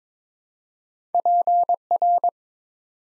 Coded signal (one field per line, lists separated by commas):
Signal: Morse code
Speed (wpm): 21 wpm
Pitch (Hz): 700 Hz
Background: none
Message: PR